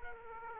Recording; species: mosquito wingbeat signal from an infrared sensor; Culex quinquefasciatus